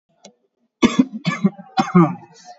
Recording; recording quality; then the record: shallow voluntary cough; excellent, no background noise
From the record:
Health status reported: COVID-19 positive, moderate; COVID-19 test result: positive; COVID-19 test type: RT-PCR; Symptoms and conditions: cough, diarrhoea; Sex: male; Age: 24 years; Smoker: no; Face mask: not worn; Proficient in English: yes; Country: India